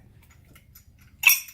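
A metal pipe-threading die head is pushed into a ratchet handle, with faint low rumble and small ticks before a sharp, bright metallic snap at 1.3 seconds. The die head seats and locks into place in the handle.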